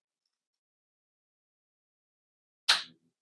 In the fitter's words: nice get that satisfying click Perfect all attached